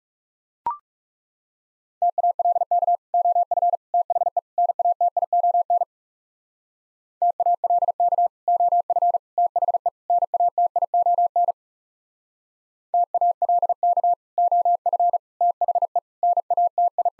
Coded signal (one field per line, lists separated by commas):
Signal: Morse code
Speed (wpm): 40 wpm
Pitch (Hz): 700 Hz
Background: none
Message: TALK OF THE NATION TALK OF THE NATION TALK OF THE NATI